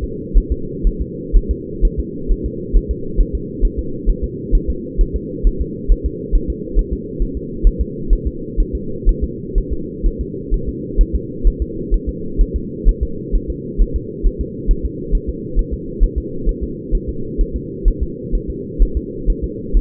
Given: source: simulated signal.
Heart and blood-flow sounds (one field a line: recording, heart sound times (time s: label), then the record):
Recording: fetal heart sounds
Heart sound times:
0.04 s: S2
0.38 s: S1
0.52 s: S2
0.87 s: S1
1.02 s: S2
1.36 s: S1
1.51 s: S2
1.85 s: S1
2.00 s: S2
2.32 s: S1
2.46 s: S2
2.77 s: S1
2.91 s: S2
3.21 s: S1
3.35 s: S2
3.65 s: S1
3.79 s: S2
4.09 s: S1
4.24 s: S2
4.55 s: S1
4.70 s: S2
5.01 s: S1
5.16 s: S2
5.47 s: S1
5.61 s: S2
5.92 s: S1
6.06 s: S2
6.36 s: S1
6.50 s: S2
6.79 s: S1
6.93 s: S2
7.22 s: S1
7.37 s: S2
7.67 s: S1
7.81 s: S2
8.13 s: S1
8.27 s: S2
8.60 s: S1
8.75 s: S2
9.09 s: S1
9.24 s: S2
9.58 s: S1
9.73 s: S2
10.06 s: S1
10.21 s: S2
10.54 s: S1
10.69 s: S2
11.01 s: S1
11.16 s: S2
11.47 s: S1
11.62 s: S2
11.94 s: S1
12.09 s: S2
12.41 s: S1
12.56 s: S2
12.89 s: S1
13.03 s: S2
13.36 s: S1
13.50 s: S2
13.81 s: S1
13.96 s: S2
14.27 s: S1
14.41 s: S2
14.71 s: S1
14.85 s: S2
15.15 s: S1
15.29 s: S2
15.59 s: S1
15.73 s: S2
16.04 s: S1
16.18 s: S2
16.49 s: S1
16.63 s: S2
16.95 s: S1
17.09 s: S2
17.41 s: S1
17.56 s: S2
17.88 s: S1
18.03 s: S2
18.35 s: S1
18.50 s: S2
18.83 s: S1
18.97 s: S2
19.30 s: S1
19.44 s: S2
19.77 s: S1
From the record:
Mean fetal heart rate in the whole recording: 130 bpm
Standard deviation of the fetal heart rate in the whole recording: 4 bpm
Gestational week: 38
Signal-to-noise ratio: -4.3 dB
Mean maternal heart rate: 72 bpm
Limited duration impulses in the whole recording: present